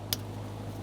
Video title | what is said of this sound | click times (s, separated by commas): How to Replace Fuel Pump Module Assembly 2007-2017 Jeep Patriot | Line it up, press it in, listen for a click. | 0.1 s